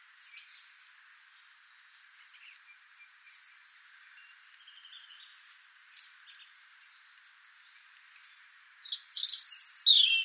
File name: Erithacus rubecula